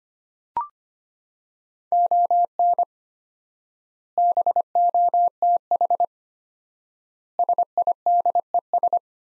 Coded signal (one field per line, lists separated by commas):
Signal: Morse code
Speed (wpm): 25 wpm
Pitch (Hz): 700 Hz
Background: none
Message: ON BOTH SIDES